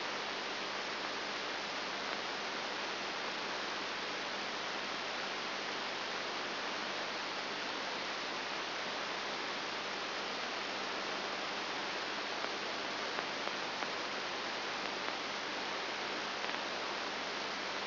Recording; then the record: brain microelectrode recording played as sound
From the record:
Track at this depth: inside the subthalamic nucleus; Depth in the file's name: 1.704 mm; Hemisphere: left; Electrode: 3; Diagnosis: Parkinson's disease